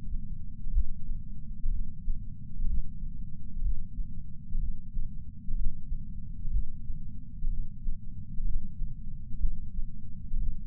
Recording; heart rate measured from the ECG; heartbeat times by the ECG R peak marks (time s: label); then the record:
heart sounds by patch sensor on the chest; 62 bpm
0.71 s: heartbeat
1.69 s: heartbeat
2.65 s: heartbeat
3.60 s: heartbeat
4.58 s: heartbeat
5.54 s: heartbeat
6.49 s: heartbeat
7.48 s: heartbeat
8.43 s: heartbeat
9.38 s: heartbeat
10.37 s: heartbeat
From the record:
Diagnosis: coronary artery disease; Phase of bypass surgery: postoperative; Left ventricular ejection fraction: 68.2%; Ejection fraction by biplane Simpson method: 62.7%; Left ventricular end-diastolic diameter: 48 mm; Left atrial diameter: 40 mm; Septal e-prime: 8.6 cm/s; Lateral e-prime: 10.2 cm/s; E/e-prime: 10.9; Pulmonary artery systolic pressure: 38 mmHg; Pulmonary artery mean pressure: 18 mmHg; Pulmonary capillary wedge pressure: 11 mmHg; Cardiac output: 6.45 L/min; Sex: male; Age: 57 years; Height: 175 cm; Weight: 80 kg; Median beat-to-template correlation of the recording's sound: 0.76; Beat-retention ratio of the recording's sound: 0.99